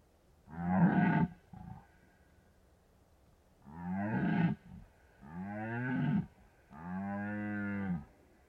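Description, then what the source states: Red deer roaring: one groaning bellow, a short grunt, then after a pause three deep harmonic roars in close succession. Red deer stags rutting in the Carpathian Mountains, Bucovina, Romania.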